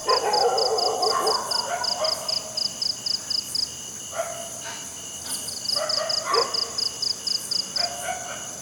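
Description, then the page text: Crickets chirping in short, regular high pulsed bursts, with other lower animal sounds at times. Night, jungle. "Crickets Night Jungle TonwagenSfxLab"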